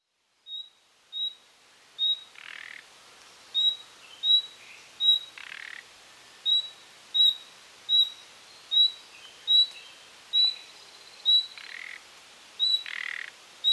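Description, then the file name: Common nightingale giving a long run of brief high whistles, interspersed with several rough rasping calls. "Luscinia megarhynchos"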